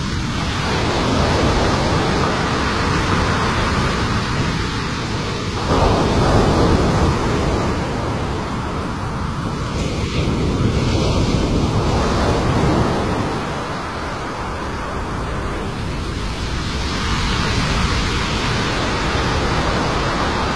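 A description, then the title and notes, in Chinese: Pacific Ocean surf makes a steady, dense roar that fills the lows and mids without pause. The wash swells louder around six seconds and again near eleven to twelve seconds, then eases slightly before building once more toward the end. 大自然的声音：太平洋冲浪。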